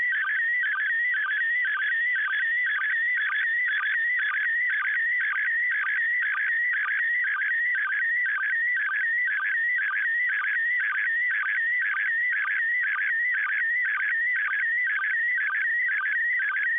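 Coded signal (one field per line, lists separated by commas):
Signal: SSTV (slow-scan television)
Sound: steady warbling, chirping tone with a rhythmic sync blip about twice per second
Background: radio static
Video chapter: 04:41 두 번째 이미지 수신 / 06:47 두 번째 이미지 수신 완료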